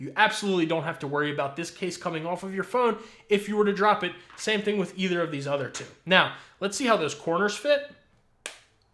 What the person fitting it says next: good click there